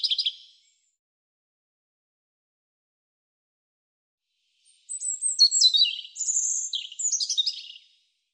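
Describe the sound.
European robin song: a phrase ends at the start, then after about four seconds of quiet a longer tumbling phrase of high thin whistles and twittering trills.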